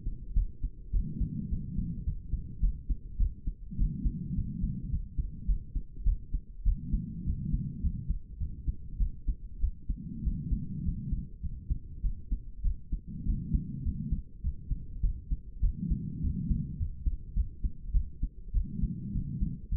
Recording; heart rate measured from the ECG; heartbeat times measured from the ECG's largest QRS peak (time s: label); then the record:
heart sounds by stethoscope; 102 bpm
0.35 s: heartbeat
0.93 s: heartbeat
1.51 s: heartbeat
2.06 s: heartbeat
2.62 s: heartbeat
3.19 s: heartbeat
3.78 s: heartbeat
4.36 s: heartbeat
4.91 s: heartbeat
5.47 s: heartbeat
6.05 s: heartbeat
6.65 s: heartbeat
7.26 s: heartbeat
7.82 s: heartbeat
8.39 s: heartbeat
8.99 s: heartbeat
9.60 s: heartbeat
10.24 s: heartbeat
10.85 s: heartbeat
11.42 s: heartbeat
12.03 s: heartbeat
12.63 s: heartbeat
13.26 s: heartbeat
13.85 s: heartbeat
14.43 s: heartbeat
15.02 s: heartbeat
15.62 s: heartbeat
16.22 s: heartbeat
16.79 s: heartbeat
17.35 s: heartbeat
17.93 s: heartbeat
18.53 s: heartbeat
19.14 s: heartbeat
19.70 s: heartbeat
From the record:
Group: healthy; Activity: rest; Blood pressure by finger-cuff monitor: 115/64 mmHg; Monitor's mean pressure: 78 mmHg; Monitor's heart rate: 103 bpm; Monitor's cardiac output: 8.9 L/min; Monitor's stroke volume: 87 mL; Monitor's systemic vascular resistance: 640 dyn s/cm5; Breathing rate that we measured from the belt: 20 breaths a minute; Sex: female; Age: 22 years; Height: 163 cm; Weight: 67.1 kg